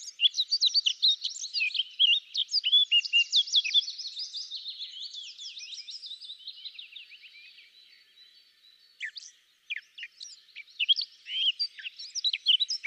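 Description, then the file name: Eurasian blackcap singing a long, rapid, high twittering warble, fading toward the middle before louder, clearer chirping notes return near the end. "Sylvia atricapilla"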